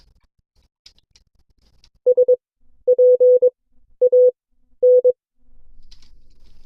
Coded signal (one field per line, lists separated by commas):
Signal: Morse code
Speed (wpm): 22 wpm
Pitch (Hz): 500 Hz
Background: none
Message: SPAN